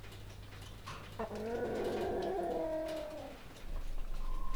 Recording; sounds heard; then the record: poultry house recording; healthy chickens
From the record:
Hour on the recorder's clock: 20